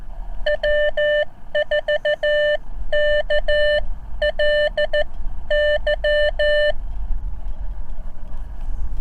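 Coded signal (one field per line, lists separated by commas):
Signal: Morse code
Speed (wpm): 15 wpm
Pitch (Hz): 600 Hz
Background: none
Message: W4KLY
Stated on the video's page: CW park activation on a cheap uSDX+ transceiver, which picked up nearby signals badly and occasionally squealed.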